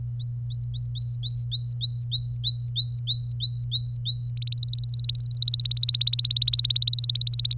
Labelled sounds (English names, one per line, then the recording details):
Domestic Canary song
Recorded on 25 April 2018 at 05:52
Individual llb3